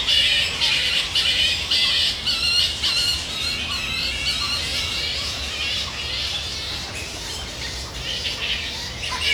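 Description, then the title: Bats giving harsh, overlapping squawks and screeches in a dense, unbroken chorus from start to finish, over a steady low rumble. Bat habitat in a reserve in Sydney, Australia. "拉克兰保护区蝙蝠栖息地，悉尼，澳大利亚"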